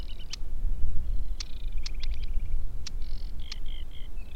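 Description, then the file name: Aquatic warbler song: buzzy, rattling trills near the upper-middle range in short bursts, broken by sharp clicks, over a steady low rumble. "Aquatic Warbler - Acrocephalus paludicola"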